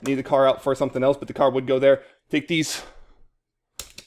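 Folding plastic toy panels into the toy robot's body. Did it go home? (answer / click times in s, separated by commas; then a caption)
yes / 3.8 s, 4.0 s. Someone talks while folding plastic panels of a large transforming toy robot, a Transformers Titans Return Trypticon, into its body and collapsing them down. After a brief pause, two sharp clicks sound at 3.8 s and 4.0 s as the parts seat into place.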